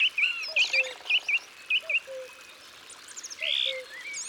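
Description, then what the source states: Coal tit song, bright two-part notes repeated rapidly in a short run, with lower notes beneath and more high chirps after a pause. Isère, France.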